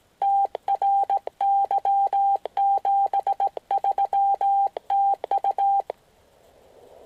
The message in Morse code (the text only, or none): TRY 73 TU